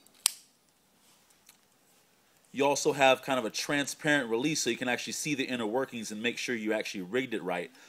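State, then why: Seated. The grooved, transparent sliding release sleeve on an HQ Powerkites adjustable-release kite safety leash is pushed closed and gives a sharp, loud snap at 0.3 s as it locks fully in place, with its grooves making the snap audible. After a short quiet stretch, someone talks from about 2.5 s onward.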